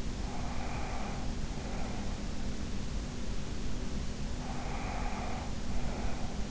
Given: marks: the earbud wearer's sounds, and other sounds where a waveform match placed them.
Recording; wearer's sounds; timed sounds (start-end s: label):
sounds in sleep by an in-ear microphone; breath
0.10-2.10 s: breath
4.21-6.50 s: breath